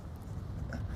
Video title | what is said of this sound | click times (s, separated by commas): Brian Blood “Outdoor Paintings Secrets“ **FREE OIL LESSON VIEWING** | my handy dandy tarp can snaps right on the front like that | 0.7 s